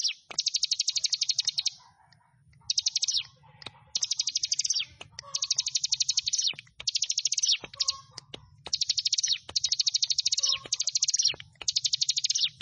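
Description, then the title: Prinia singing repeated high, fast trilled phrases separated by short pauses, accompanied by scattered sharp clicks and a low hum. "Ciblek Sawah 1"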